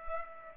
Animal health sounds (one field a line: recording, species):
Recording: mosquito wingbeat signal from an infrared sensor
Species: Culex pipiens